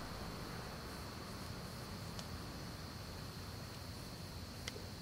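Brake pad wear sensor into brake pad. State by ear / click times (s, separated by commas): seated / 4.7 s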